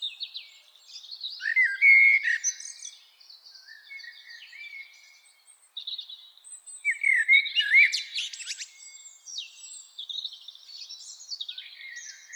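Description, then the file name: Common blackbird song in two main bursts, each a rich fluty warble ending in a shrill twitter, set against a busy background of high bird chatter. "Turdus merula"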